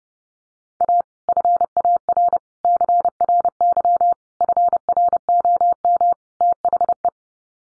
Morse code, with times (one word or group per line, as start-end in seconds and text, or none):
0.8-1.0 A
1.3-2.4 FAR
2.6-4.1 CRY
4.4-6.1 FROM
6.4-7.1 THE